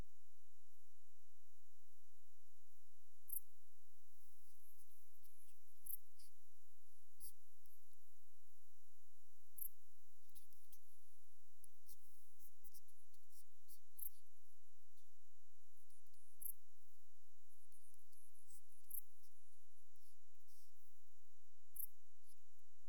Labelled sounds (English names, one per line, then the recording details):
Dark Bush-cricket stridulation
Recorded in the wild
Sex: male
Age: adult
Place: Kuresaare Castle, Saaremaa Island, EE
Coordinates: 58.2442, 22.4872
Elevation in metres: 35
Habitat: park
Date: 2023-08-21 21:17
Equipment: Smartphone Huwai P20 Lite, EMT2 Pro, Batcorder app
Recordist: Frommolt, Karl-Heinz